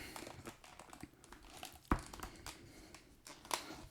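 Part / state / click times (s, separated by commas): phone case front frame onto phone case back / seated / 1.9 s, 3.5 s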